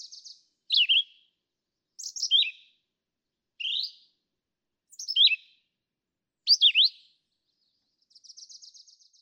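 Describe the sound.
Philadelphia vireo song: short slurred whistled phrases spaced about every one and a half seconds.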